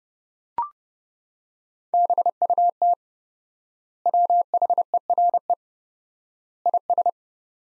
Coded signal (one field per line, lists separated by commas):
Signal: Morse code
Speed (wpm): 32 wpm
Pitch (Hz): 700 Hz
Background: none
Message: BUT WHERE IS